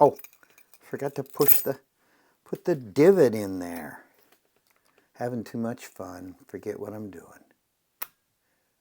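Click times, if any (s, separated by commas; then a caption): 8.0 s. Someone talks while a reset pusher tool, the divot pusher, is pushed into a Kwikset SmartKey KW1 smart cylinder held in its reset cradle. A single short, sharp click is heard at 8.0 s as the reset tool pin seats in the lock cylinder.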